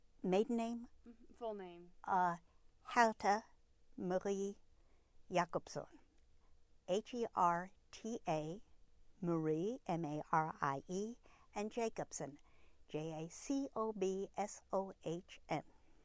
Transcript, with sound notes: Maiden name?
Full name.
Herta Marie Jacobsohn. (German pronunciation) H-E-R-T-A, Marie, M-A-R-I-E and Jacobsohn, J-A-C-O-B-S-O-H-N